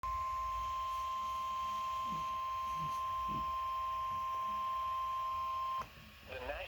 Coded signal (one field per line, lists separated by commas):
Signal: Emergency Alert System (SAME) tones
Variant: 1050 Hz attention tone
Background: speech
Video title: EAS #612: SMW